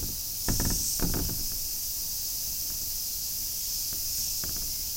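Cicada drone, a steady high hiss-like buzz throughout, with a few sharp knocks and rattling clicks near the start and end.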